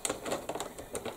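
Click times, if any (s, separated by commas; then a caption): none. A plastic bobbin is handled near a slot on a braiding tool, producing a series of light plastic taps and clatters over about 1.2 seconds. Nothing has seated or clicked yet.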